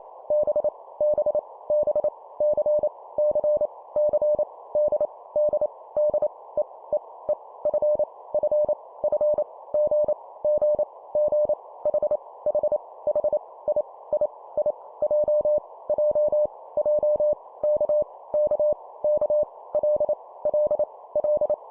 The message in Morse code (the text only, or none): B B B C C C D D D E E E F F F G G G H H H I I I J J J K K K L L L